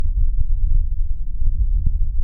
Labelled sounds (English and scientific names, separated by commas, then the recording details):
House Finch (Haemorhous mexicanus) song
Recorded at Babylon on Long Island, New York, on 22 May 1975
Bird C